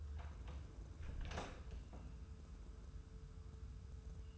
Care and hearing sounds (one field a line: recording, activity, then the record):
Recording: daily activity, microphone in the room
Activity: close door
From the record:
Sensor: 2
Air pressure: 1015.0 hPa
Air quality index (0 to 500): 108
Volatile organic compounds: 3 ppm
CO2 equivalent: 1360 ppm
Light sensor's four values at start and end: 13/35/14/15 and 13/35/14/15